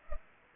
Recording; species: mosquito wingbeat signal from an infrared sensor; Culex pipiens